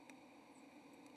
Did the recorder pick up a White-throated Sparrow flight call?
no